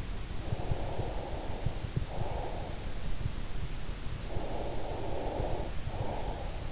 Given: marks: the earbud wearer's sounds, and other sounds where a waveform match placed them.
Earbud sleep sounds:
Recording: sounds in sleep by an in-ear microphone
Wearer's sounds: breath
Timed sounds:
0.22-2.95 s: breath
4.15-6.72 s: breath

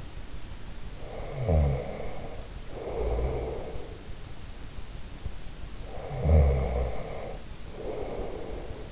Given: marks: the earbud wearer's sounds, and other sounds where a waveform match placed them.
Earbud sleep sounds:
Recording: sounds in sleep by an in-ear microphone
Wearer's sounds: snoring breath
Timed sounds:
0.98-3.92 s: snoring breath
5.72-8.92 s: snoring breath

